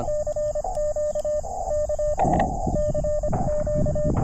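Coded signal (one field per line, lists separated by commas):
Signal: Morse code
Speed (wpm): 26 wpm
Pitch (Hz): 600 Hz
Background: radio noise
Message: CQ K CQ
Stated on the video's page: CW Parks On The Air activation on a multi-state trail park.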